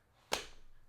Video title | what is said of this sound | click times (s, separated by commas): ENDLESS DESIGNS, MAXIMUM PROTECTION - Casetify Case Lineup for iPhone 17 Pro Max | Solid click onto there. | 0.3 s